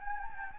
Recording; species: mosquito wingbeat signal from an infrared sensor; Anopheles gambiae